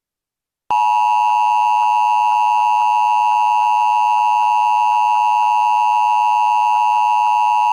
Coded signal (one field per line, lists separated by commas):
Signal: Emergency Alert System (SAME) tones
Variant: 853 and 960 Hz attention tone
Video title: EAS Scenario // Helheim (Hellish North America: Reimagined) //